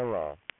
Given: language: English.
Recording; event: throat vibration sensor signal played as sound; speech